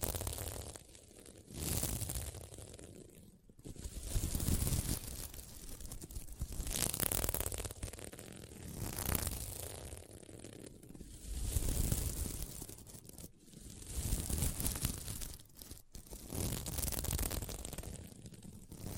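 Scratching on a sequin mermaid pillow comes in repeated brushing swells every few seconds, bright and rasping, with short pauses between strokes.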